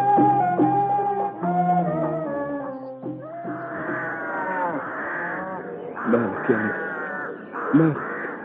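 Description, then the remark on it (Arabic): Agitated birds caw harshly in the open wilderness in the dark of night, their rough overlapping calls rising into louder bursts toward the end, after a few seconds of steady, tonal sound. “من ساعة الطيور ما هاجت في الخلا وانت ساكت وخايف ليه؟”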